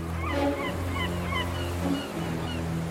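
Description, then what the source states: Gull: short, clipped calls repeated through the first half and again near the end, over a steady low engine-like drone. Recorded July 2024.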